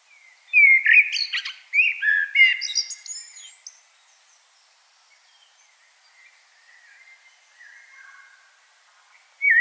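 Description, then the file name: Common blackbird song: one rich warbled phrase ending in thin high twittering, then near silence with faint notes, and a new phrase starting at the end. "Turdus merula"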